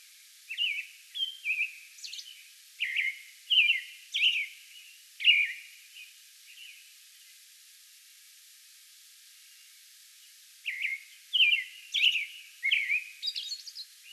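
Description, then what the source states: American robin singing a series of whistled caroling phrases, then a silent gap of about four seconds before another burst of phrases resumes. Song bout recorded May 11.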